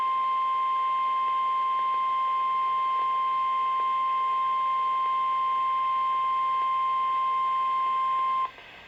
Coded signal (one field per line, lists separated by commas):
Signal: Emergency Alert System (SAME) tones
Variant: 1050 Hz attention tone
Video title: XLF322 Glitches out | XLF322 Monthly Test Sequence | (EAS #50-51)